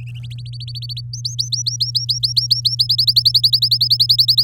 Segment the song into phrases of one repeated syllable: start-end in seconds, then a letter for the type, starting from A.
0.23-1.01 A, 1.13-2.75 B, 2.79-4.43 C